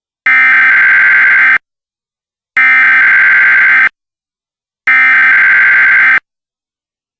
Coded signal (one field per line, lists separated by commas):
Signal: Emergency Alert System (SAME) tones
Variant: header bursts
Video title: EAS CAE issued for cal. 6/14/12